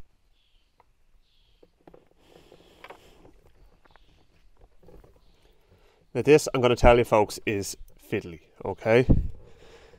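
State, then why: Not seated. A gear lever bushing is worked by hand into the gear shift housing of an MGB, with faint light knocks and rustling handling through the first half of the fiddly job. Someone then talks from about 6 s. Nothing has seated or clicked yet.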